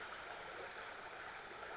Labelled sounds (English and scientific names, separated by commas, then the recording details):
Western Flycatcher (Empidonax difficilis)
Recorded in Sonoma County, California